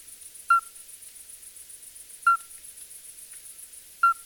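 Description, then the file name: Common midwife toad calling with three clear, bell-like single toots, roughly two seconds apart, against a faint continuous high-pitched pulsing hum. "crapaud accoucheur"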